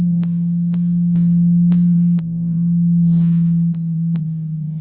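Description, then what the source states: Blue whale call: a steady deep tone with a brief pitch wobble, accompanied by clicks about every half second. Recorded in the Atlantic.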